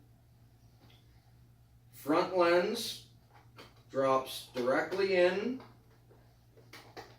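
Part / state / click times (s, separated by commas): front cover lens into welding helmet lens holder / seated / 6.7 s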